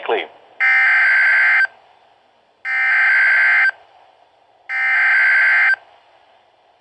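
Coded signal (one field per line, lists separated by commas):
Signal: Emergency Alert System (SAME) tones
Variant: header bursts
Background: speech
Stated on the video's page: EAS alerts during a severe weather wave, with possible tornadoes and a possible watch.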